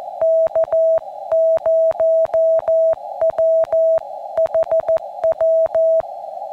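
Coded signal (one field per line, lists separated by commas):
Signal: Morse code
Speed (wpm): 15 wpm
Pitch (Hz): 650 Hz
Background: music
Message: K0WHW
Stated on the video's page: Morse keyed on a modified QMX transceiver with an onboard touch paddle.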